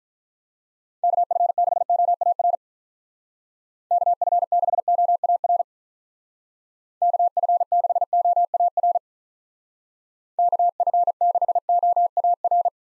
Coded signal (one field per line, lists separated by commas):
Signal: Morse code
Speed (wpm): 45 wpm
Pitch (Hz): 700 Hz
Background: none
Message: KF6OAR KF6OAR KF6OAR KF6OAR